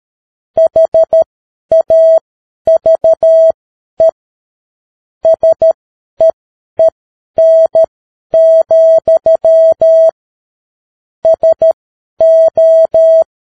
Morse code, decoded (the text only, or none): HAVE SEEN, SO